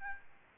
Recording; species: mosquito wingbeat signal from an infrared sensor; Aedes albopictus